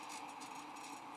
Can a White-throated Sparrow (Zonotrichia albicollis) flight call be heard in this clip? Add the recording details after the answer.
no. No flight call is heard. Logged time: 22:21 on 17 December 2014